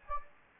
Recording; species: mosquito wingbeat signal from an infrared sensor; Anopheles gambiae